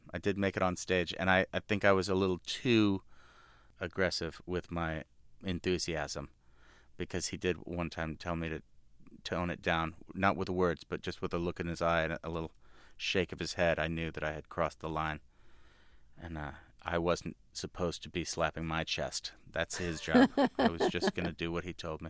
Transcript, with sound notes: I did make it onstage, and I think I was a little too aggressive with my enthusiasm because he did, one time, tell me to tone it down - not with words, but just with a look in his eye and a little shake of his head. I knew that I had crossed the line, and I wasn't supposed to be slapping my chest. That's his job.
(LAUGHTER)
I was just going to do what he told me.